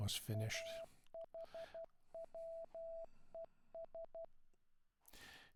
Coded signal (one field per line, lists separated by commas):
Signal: Morse code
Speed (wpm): 12 wpm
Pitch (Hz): 660 Hz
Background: speech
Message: AHWES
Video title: morsecode trainer